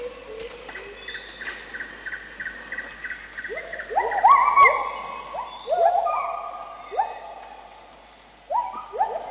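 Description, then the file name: Bird calls, a series of short rising whistled notes that jump up in pitch and overlap one another, with fainter repeated chirps behind. "pajaros"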